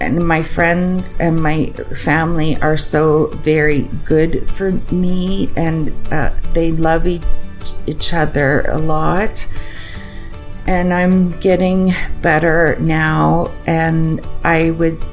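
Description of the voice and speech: An adult woman with aphasia after a stroke speaks slowly, with drawn-out, stretched words, a repeated word and an unfinished, ungrammatical phrase, typical of aphasia. Her words glitch in speech and in writing, while her intellect and creativity are intact; she cannot get her thoughts out with her voice or her writing.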